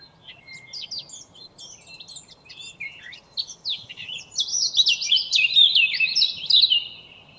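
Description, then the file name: Eurasian blackcap song that opens with quiet scratchy chatter and swells into loud, rich warbling in the final seconds. "Sylvia atricapilla"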